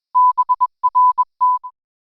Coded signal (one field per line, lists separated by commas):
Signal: Morse code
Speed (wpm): 21 wpm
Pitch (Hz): 1000 Hz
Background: none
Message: BRT